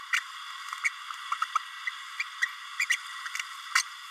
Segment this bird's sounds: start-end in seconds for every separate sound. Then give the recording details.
0.84-0.89, 1.31-1.35, 1.42-1.45, 1.55-1.58, 2.19-2.23, 2.41-2.46, 2.79-2.86, 2.90-2.96, 3.75-3.82. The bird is a female. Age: 30 days. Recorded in a nest box in Venezuela. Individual 17B32A7